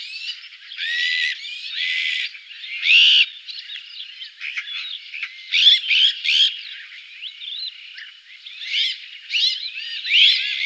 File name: azure winged magpie